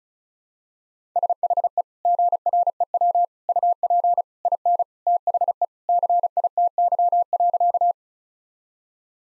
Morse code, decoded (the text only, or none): SHE GREW UP IN THE CITY.